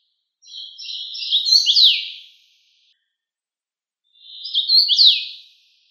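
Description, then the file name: Common rosefinch song, a clear whistled phrase ending in a falling slur, repeated once after a short pause, in quiet surroundings. "chechevica"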